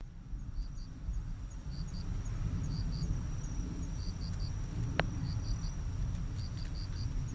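Cricket giving short groups of high chirps at uneven intervals, with a single sharp click midway and a steady low rumble underneath.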